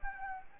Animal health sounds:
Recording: mosquito wingbeat signal from an infrared sensor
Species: Anopheles gambiae

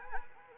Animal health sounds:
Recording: mosquito wingbeat signal from an infrared sensor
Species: Anopheles arabiensis

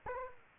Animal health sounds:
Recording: mosquito wingbeat signal from an infrared sensor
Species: Aedes aegypti

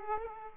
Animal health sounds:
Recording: mosquito wingbeat signal from an infrared sensor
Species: Aedes aegypti

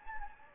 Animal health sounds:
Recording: mosquito wingbeat signal from an infrared sensor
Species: Anopheles gambiae

